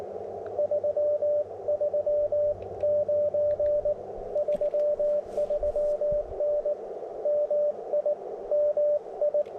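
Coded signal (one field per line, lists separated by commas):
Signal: Morse code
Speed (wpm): 20 wpm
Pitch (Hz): 600 Hz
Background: radio noise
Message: 339 33N MI MI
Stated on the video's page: POTA activation making CW contacts on 17 meters with a magmount vertical and Elecraft K2.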